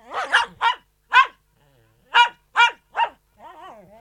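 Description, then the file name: Poodle giving bursts of sharp, high barks in quick threes with a single bark between, ending in a thin whining whimper. Poodle barking indoors. "Digiffects Sound Effects Library - Poodle Dog Barking Indoors"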